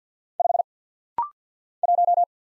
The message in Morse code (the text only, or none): 5 1